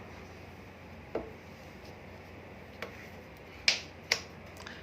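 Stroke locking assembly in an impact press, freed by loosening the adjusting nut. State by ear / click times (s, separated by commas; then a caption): released / 3.7 s. As the large adjusting nut on a locked impact press's stroke assembly is rotated to loosen it, the assembly gives a small sharp click at 3.7 s, showing that the stroke is now free. Other faint ticks come at 1.1 s and 2.8 s, and a strong tick at 4.1 s, over a steady low hum.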